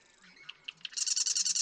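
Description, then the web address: Marsh Wren song, short: scattered clicking introductory notes leading into a rapid, dry, buzzy rattle that is cut off. "birdsongforthecurious songs Marsh Wren"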